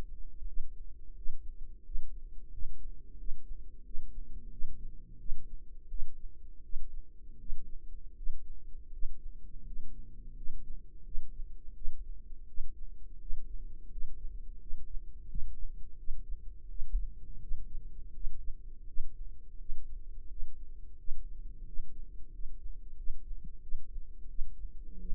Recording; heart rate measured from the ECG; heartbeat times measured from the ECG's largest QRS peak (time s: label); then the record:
heart sounds by microphone in the right ear; 86 bpm
0.45 s: heartbeat
1.14 s: heartbeat
1.82 s: heartbeat
2.50 s: heartbeat
3.16 s: heartbeat
3.83 s: heartbeat
4.49 s: heartbeat
5.17 s: heartbeat
5.87 s: heartbeat
6.61 s: heartbeat
7.37 s: heartbeat
8.14 s: heartbeat
8.90 s: heartbeat
9.63 s: heartbeat
10.34 s: heartbeat
11.03 s: heartbeat
11.73 s: heartbeat
12.45 s: heartbeat
13.18 s: heartbeat
13.88 s: heartbeat
14.58 s: heartbeat
15.26 s: heartbeat
15.95 s: heartbeat
16.67 s: heartbeat
17.39 s: heartbeat
18.11 s: heartbeat
18.85 s: heartbeat
19.57 s: heartbeat
20.27 s: heartbeat
20.95 s: heartbeat
21.63 s: heartbeat
22.30 s: heartbeat
22.95 s: heartbeat
23.60 s: heartbeat
24.26 s: heartbeat
24.98 s: heartbeat
From the record:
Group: healthy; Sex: male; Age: 33 years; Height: 179 cm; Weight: 80.4 kg